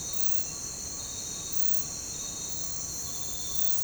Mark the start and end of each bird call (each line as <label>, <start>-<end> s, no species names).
bird call, 0.06-3.66 s